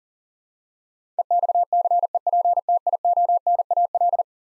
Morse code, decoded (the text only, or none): EXCEPTIONAL